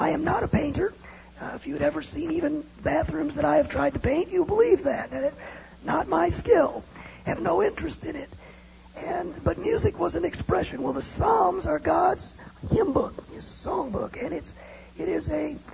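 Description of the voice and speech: Adult male speaking with dysphonia: a feeble, croaking voice produced with the false vocal folds, picked up by a headset microphone, with labored speech. It followed a viral infection thought to have damaged the nerves (myelin sheath) of his vocal cords. An earlier diagnosis was a form of spasmodic dysphonia. He can no longer sing.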